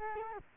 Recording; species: mosquito wingbeat signal from an infrared sensor; Culex quinquefasciatus